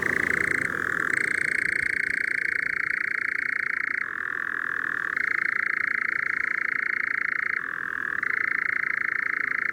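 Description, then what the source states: European nightjar churring: a steady, unbroken mechanical trill that shifts abruptly between a higher and a lower pitch every few seconds, running throughout. Singing at night in the dunes on Texel, in spring.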